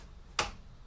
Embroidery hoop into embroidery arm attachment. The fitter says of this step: did you hear that click that means it is in place and I can move this fabric back now